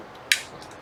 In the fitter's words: I heard a nice solid click that it made.